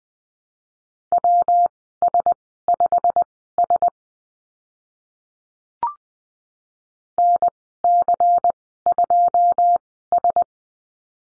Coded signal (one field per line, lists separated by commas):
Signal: Morse code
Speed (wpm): 19 wpm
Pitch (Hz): 700 Hz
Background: none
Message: WS5S NC2S